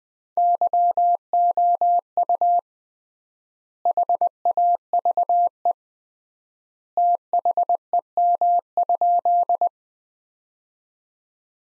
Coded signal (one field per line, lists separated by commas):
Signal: Morse code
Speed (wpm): 20 wpm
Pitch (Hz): 700 Hz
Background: none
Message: YOU HAVE THEM?